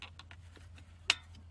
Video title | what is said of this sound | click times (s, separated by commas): Honda Rancher 420 spark plug change | There we go. Hear that little click. It means it's on all the way. | 1.1 s